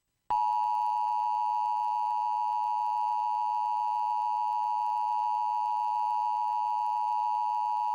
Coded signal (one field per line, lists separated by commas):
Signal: Emergency Alert System (SAME) tones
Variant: 853 and 960 Hz attention tone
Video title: (LATE 400 SUBSCRIBERS SPECIAL) EAS Mock Recreation: The Tennessee Amber Alert Fail of 2018